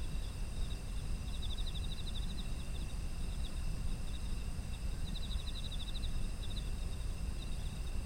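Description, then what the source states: Insect chirps in quick pulsed runs, two prominent bursts among fainter ones, with continuous high ringing and a low rumbling background. Autumn insect ambient sound.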